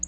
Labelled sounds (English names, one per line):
Black-throated Blue Warbler flight call